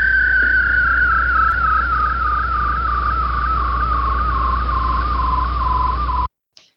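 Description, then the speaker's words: Weddell seal call: a long, wavering pulsed whistle slowly descending in pitch, with a fainter harmonic above and a constant low hum beneath. Weddell seals live in Antarctica; sounds described as very bizarre, like a space alien landing. "Now, one of my favorites is a Weddell seal, because these guys are out in Antarctica and they make the most bizarre sounds. I'll let it play."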